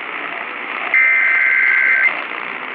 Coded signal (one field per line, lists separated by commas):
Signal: Emergency Alert System (SAME) tones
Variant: header bursts